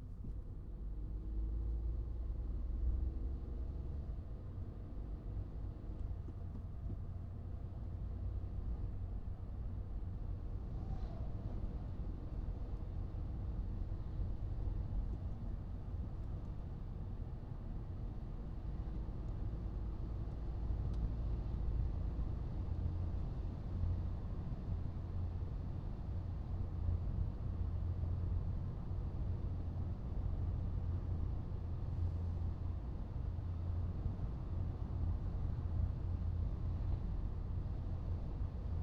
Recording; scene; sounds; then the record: everyday scene through a hearing-aid microphone; in a vehicle; engine, highway driving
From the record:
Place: Skoda Fabia, gasoline engine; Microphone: in the ear canal, right